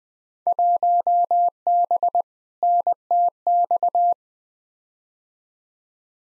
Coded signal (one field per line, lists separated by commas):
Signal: Morse code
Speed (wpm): 21 wpm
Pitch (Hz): 700 Hz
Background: none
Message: 1B NTX